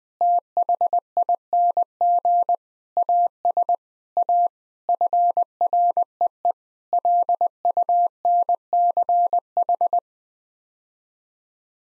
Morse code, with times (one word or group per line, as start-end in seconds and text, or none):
0.2-2.5 THING
3.0-3.7 AS
4.2-4.5 A
4.9-6.5 FREE
6.9-10.0 LUNCH